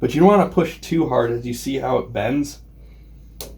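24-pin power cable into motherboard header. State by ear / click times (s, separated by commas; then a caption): seated / 3.4 s. A 24-pin ATX power plug is pushed into the motherboard's 24-pin header while someone talks. After a quieter stretch, a short sharp click sounds at 3.4 s as the latch catches and the connector seats.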